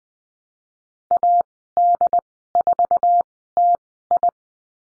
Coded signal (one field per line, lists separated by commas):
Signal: Morse code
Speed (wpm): 20 wpm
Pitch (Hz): 700 Hz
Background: none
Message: AD4TI